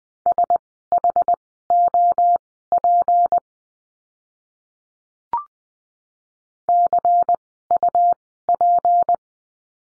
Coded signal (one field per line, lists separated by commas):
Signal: Morse code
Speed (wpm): 20 wpm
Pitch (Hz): 700 Hz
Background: none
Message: SHOP CUP